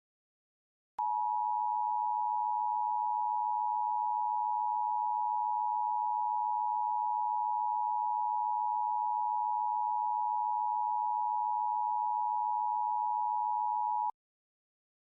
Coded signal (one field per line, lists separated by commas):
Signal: Emergency Alert System (SAME) tones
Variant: 853 and 960 Hz attention tone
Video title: EAS Scenario: The Return Of The Babylon Virus